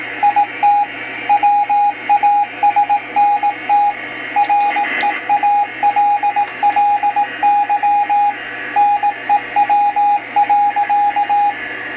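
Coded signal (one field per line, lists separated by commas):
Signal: Morse code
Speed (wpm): 18 wpm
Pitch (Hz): 820 Hz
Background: radio noise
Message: IT WASNT REALLY NEW.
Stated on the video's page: Morse from the Cutler Navy VLF transmitter, received on a battery-powered Rycom 6040 selective level meter.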